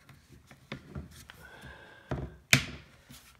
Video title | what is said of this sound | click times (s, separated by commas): Volquartsen summit 22 overview | clicks in you have to make sure it clicks | 2.5 s